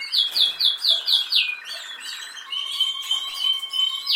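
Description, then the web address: Canary song opening with a fast series of descending whistled notes, then a lower buzzy trill and high rolling twitters. "Golchin Best Canari Seda Canari. Niyaz Music)"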